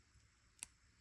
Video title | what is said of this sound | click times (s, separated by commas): Miyuki Seed Bead Anklet Bracelet Tutorial | Do you hear that little snap? | 0.6 s